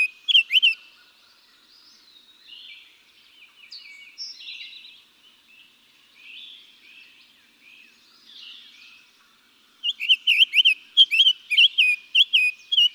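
Summer tanager singing a brief note at the start, then a three-second string of rich, buzzy up-and-down whistled phrases near the end, with other birds chirping faintly between.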